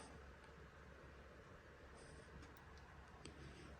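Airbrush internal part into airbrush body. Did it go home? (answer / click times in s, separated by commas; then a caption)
yes / 3.2 s. During airbrush reassembly, a small metal internal part is pushed home into the airbrush body over a steady low background hum. A single short, sharp tick is heard at 3.3 seconds as the part seats in place.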